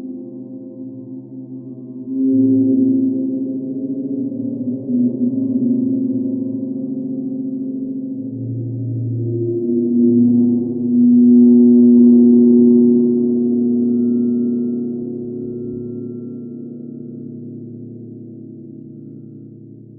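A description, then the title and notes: Low gong tones hum and swell in slow overlapping waves, brightening around three and twelve seconds, then fading into a soft, warm drone. SB Gong09.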